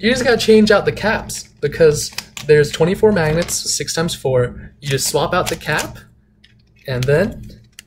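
Someone talks while handling a swappable magnetic center cap that is about to be pressed into the plastic center of a speed cube prototype, with a couple of faint taps near the end. Nothing has seated or clicked into place yet.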